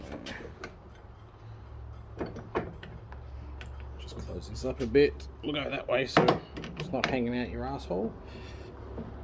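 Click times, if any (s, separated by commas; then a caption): none. A component of a Nordic Edge hand-sanding blade vice is handled and positioned toward its seat in the vice body or mount during assembly, with a few short, soft knocks between about 2.2 and 3.8 seconds while someone talks. The part has not gone home yet, so nothing has seated or locked into place.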